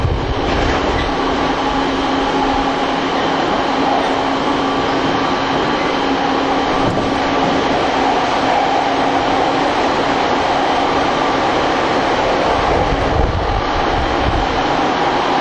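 A TWR 70-000 series train on the Saikyo Line runs with its inverter whine, a steady dense drone with fixed tones and rumbling underneath throughout.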